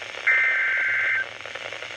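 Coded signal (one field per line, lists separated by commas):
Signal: Emergency Alert System (SAME) tones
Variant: header bursts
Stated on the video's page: Weather radio alert on NOAA Weather Radio station, 162.450 MHz, for a severe thunderstorm watch expansion.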